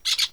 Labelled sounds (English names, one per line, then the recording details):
Brown-throated Parakeet contact call
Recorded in Venezuela
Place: PN Cerro Saroche, Tierras del Sr. Polo, Edo. Lara
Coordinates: 10.171, -69.518